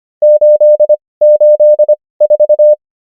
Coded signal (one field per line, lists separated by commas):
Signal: Morse code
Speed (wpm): 25 wpm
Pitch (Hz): 600 Hz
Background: none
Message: 884